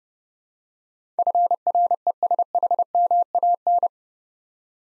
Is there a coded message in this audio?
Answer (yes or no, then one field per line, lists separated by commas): yes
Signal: Morse code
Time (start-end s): 1.2-3.9 s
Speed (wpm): 28 wpm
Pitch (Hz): 700 Hz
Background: none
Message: FRESHMAN